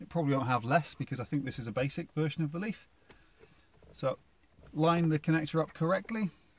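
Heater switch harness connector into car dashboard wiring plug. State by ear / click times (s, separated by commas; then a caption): not seated / none. Someone talks while lining up the heater switch harness connector on a Nissan Leaf G1 heater control switch to push it into the car's dashboard wiring plug. Speech fills most of the clip, with a quiet pause around 3 to 4 seconds that holds only a faint brief tick at 3.1 seconds. The connector has not seated or clicked yet.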